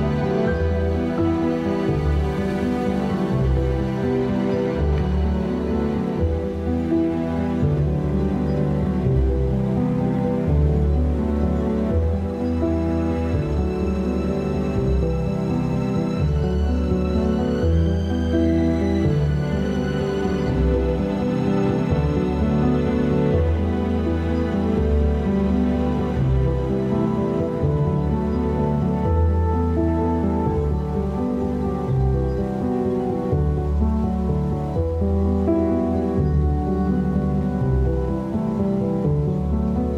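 Piano plays steadily for the whole stretch, with full, rich chords and a strong, rolling bass line. Notes change often but gently, and the level stays even from start to finish, with a few brighter, higher tones drifting in around the middle.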